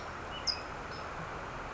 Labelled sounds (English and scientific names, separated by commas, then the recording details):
California Towhee (Melozone crissalis)
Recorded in Sonoma County, California